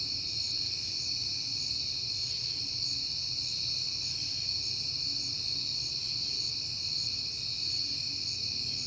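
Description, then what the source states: Crickets keep up a steady shrill trill while higher, regular quick chirps sound over it, against a faint background hum. On a peaceful night in September, when crickets were heard often.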